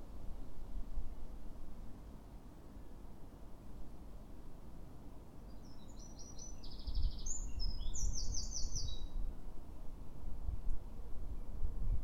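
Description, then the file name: Eurasian wren singing a quick sequence of very high, rapid trills and twittering notes midway through, fairly soft against a loud, constant low-pitched rumble. "Troglodytes troglodytes"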